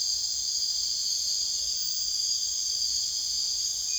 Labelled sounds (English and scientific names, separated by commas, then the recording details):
none
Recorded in secondary vegetation near Puerto Asís, Putumayo, Colombia, on 22 June 2025 at 00:00
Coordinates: 0.485, -76.322
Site GP06